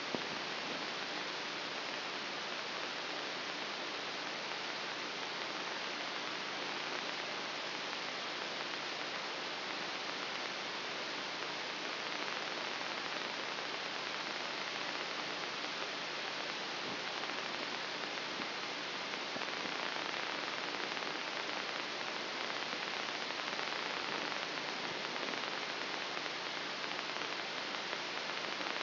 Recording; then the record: brain microelectrode recording played as sound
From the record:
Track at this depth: outside the subthalamic nucleus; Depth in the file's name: 4.898 mm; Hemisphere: left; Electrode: 3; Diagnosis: Parkinson's disease